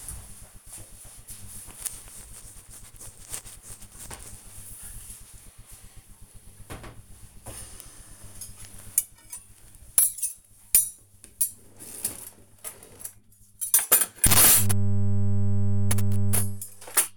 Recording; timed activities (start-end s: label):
household activities, microphone on the right wrist
1.63-17.17 s: putting away the dishes